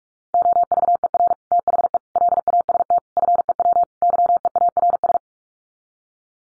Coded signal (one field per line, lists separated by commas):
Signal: Morse code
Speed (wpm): 44 wpm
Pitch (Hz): 700 Hz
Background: none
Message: OVER THE LAST FEW YEARS